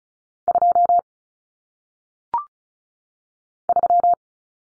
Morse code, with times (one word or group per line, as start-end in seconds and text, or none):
0.5-1.0 2
3.7-4.1 3